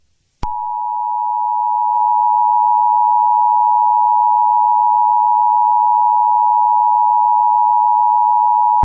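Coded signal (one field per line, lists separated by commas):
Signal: Emergency Alert System (SAME) tones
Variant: 853 and 960 Hz attention tone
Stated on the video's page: Homemade fictional dense smoke warning EAS tones, not a real alert.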